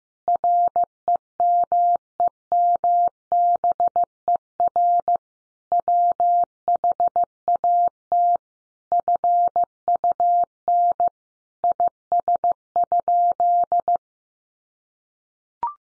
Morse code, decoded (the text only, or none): REMEMBER WHAT FUN IS?